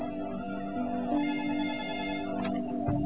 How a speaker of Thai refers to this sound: มีโทรศัพท์เข้ามานะก็เดี๋ยวจะขอรับโทรศัพท์ก่อนก็แล้วกันก่อนที่จะเข้าสู่รายการก็แล้วกันนะคุณโยมนะ